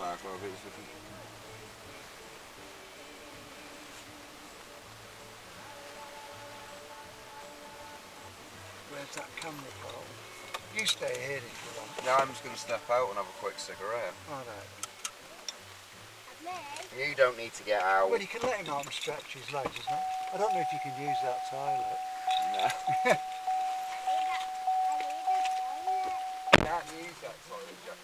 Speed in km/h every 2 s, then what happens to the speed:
12, 9, 6, 5, 0, 0, 0, 0, 0, 0, 0, 0, 0, 0.
0-8 slows to 0. 8-28 standing.